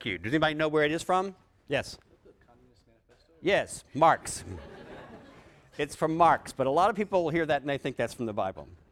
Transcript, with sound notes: Does anybody know where it is from? Yes? The Communist Manifesto. Yes, Marx. [Laughter] It's from Marx. But a lot of people hear that and they think that's from the Bible.